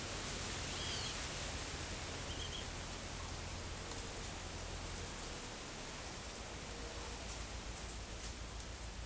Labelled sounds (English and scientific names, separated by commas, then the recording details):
none
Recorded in forest near Pivijay, Magdalena, Colombia, on 3 June 2023 at 16:30
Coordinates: 10.467, -74.380
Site Z5-G034